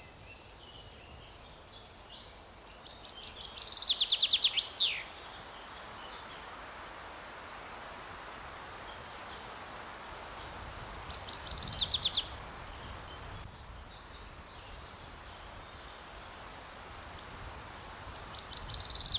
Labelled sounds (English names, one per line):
Common Chaffinch song